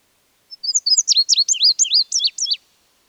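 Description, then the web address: Bird giving a fast run of many high, piercing chirps, most dipping sharply in pitch, for about two seconds, then stopping abruptly; no other sounds. An exotic bird with unusual colouring. "sonido de un pajaro exotico con una coloracion inusual"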